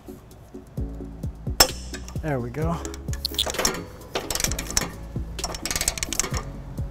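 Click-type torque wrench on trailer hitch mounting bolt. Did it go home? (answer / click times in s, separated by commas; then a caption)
yes / 1.6 s. A click-type torque wrench tightens an M12 trailer hitch mounting bolt to 86 foot-pounds on the passenger side of a 2012 Toyota Prius Plug-In, over background music while someone talks. The wrench gives a sharp click at 1.6 s as it reaches the set torque, followed by a loud hit and several more short metallic clinks. The bolt is torqued to its setting.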